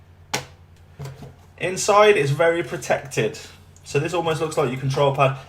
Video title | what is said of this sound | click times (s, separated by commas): Scuf vs Nacon PS4 Controllers - Honest Review | and you just basically flick up this it's like a magnetic lid you can feel it or hear it click | 0.3 s